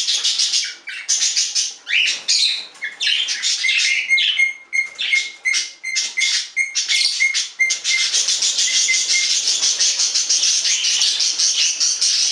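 Budgerigar chatter, rapid scratchy notes with repeated short whistled pips on one pitch, becoming a continuous dense warble in the second half.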